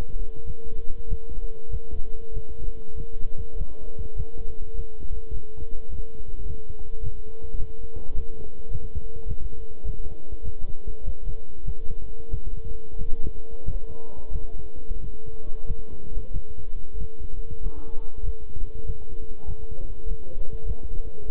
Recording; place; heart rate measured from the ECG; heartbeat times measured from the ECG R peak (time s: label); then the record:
heart sounds by stethoscope; between the tricuspid and mitral areas; 98 bpm
0.44 s: heartbeat
1.07 s: heartbeat
1.69 s: heartbeat
2.32 s: heartbeat
2.94 s: heartbeat
3.55 s: heartbeat
4.15 s: heartbeat
4.74 s: heartbeat
5.31 s: heartbeat
5.89 s: heartbeat
6.45 s: heartbeat
7.01 s: heartbeat
7.57 s: heartbeat
8.13 s: heartbeat
8.70 s: heartbeat
9.26 s: heartbeat
9.84 s: heartbeat
10.42 s: heartbeat
11.03 s: heartbeat
11.63 s: heartbeat
12.29 s: heartbeat
12.96 s: heartbeat
13.64 s: heartbeat
14.31 s: heartbeat
14.99 s: heartbeat
15.65 s: heartbeat
16.31 s: heartbeat
16.97 s: heartbeat
17.61 s: heartbeat
18.23 s: heartbeat
18.85 s: heartbeat
19.45 s: heartbeat
20.06 s: heartbeat
20.65 s: heartbeat
21.26 s: heartbeat
From the record:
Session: walking at 3.7 km/h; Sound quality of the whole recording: good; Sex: male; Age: 26 years